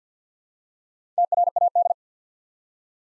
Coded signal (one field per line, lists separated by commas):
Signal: Morse code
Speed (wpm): 50 wpm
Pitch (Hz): 700 Hz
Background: none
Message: TRAD